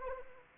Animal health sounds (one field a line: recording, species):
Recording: mosquito wingbeat signal from an infrared sensor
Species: Anopheles gambiae